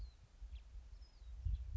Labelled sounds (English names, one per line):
House Finch